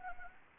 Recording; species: mosquito wingbeat signal from an infrared sensor; Anopheles gambiae